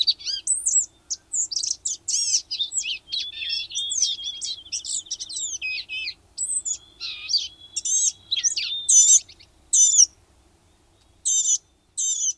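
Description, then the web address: Blue-gray gnatcatcher singing a rambling, squeaky jumble of high thin notes, then a few separate short notes toward the end, in a quiet background. North America. "Know Your Bird Sounds Common Western Species. Blue-gray Gnatcatcher"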